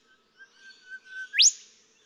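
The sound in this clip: Golden whistler song: a few swelling whistles on one level pitch, ending in a sudden steep upward whipcrack, with faint high notes behind.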